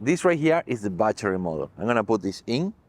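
A battery module is handled just before it is inserted into the body of a Benro Theta smart tripod while someone talks throughout. The part has not gone home yet, and nothing has seated or clicked.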